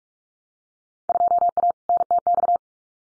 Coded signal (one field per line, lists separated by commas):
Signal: Morse code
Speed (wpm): 46 wpm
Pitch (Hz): 700 Hz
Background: none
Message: 2A NTX